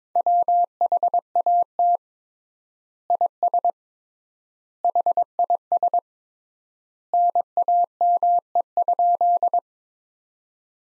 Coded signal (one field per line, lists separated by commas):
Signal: Morse code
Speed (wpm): 22 wpm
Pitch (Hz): 700 Hz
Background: none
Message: WHAT IS HIS NAME?